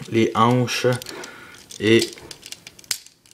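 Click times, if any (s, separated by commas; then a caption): 2.9 s. Someone talks while clipping the lower torso of a transforming plastic robot toy onto its hip section. A few small plastic clicks and rattles follow. The parts seat with a sharp, loud plastic snap at 2.9 s.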